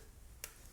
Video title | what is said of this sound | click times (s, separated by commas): How to Insert Your SIM Card in iPhone 16 / Plus / Pro | until it clicks in place and make sure it stays there and nothing comes out | 0.4 s